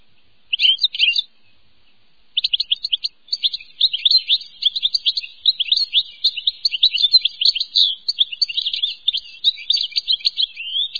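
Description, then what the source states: European goldfinch song: a short twittering burst, a brief pause, then a long continuous stream of rapid, tinkling, liquid notes. Songs and calls.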